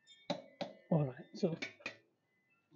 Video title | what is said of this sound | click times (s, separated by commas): Cafe 400 Drive chain adjustment | once you hear that click that means it's already at 77 mm and it's | 0.3 s, 0.6 s